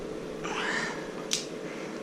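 A click-type torque wrench set to 60 ft lbs is pulled on a cylinder head bolt of a Nissan/Datsun 720 engine during a head bolt re-torque done at tune-up time. A soft, rising strain sound is heard from about 0.5 to 0.9 s, then the wrench gives a single sharp click at 1.3 s. The bolt reaches its torque setting.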